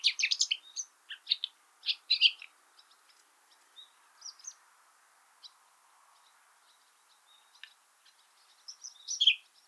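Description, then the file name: Common nightingale song, a dense burst of sharp chirps, then scattered quiet notes and a gap before a loud final flourish. "Luscinia megarhynchos"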